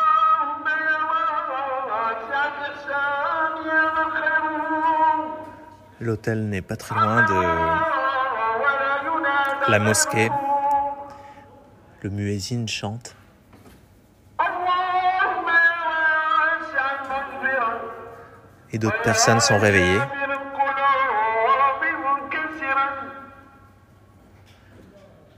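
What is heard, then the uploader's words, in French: A muezzin's call to prayer rings out over a loudspeaker, a single male voice holding long, wavering sung tones in phrases separated by brief pauses. Around 6, 10 and 19 seconds the voice swoops and bends sharply, and a low steady hum runs underneath throughout. Le muezzin à Tanger se lance dans une prière à 4h19. Le haut-parleur de la mosquée est proche de l’hôtel, il fait nuit. Je regarde par le balcon, des gens marchent dans la rue.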